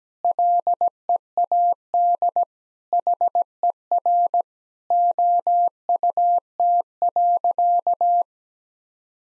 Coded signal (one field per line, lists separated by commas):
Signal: Morse code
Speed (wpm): 17 wpm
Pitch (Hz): 700 Hz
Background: none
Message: LEAD HER OUT.